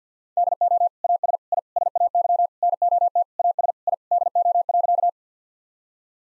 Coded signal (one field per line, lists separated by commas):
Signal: Morse code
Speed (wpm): 50 wpm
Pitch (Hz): 700 Hz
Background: none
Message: DO AS I SAY NOT AS I DO.